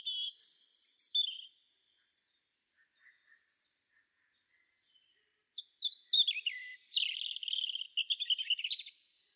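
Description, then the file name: European robin singing two phrases of high, thin, varied warbling notes with quick trills, separated by a pause of about four seconds with faint soft notes. "Erithacus rubecula"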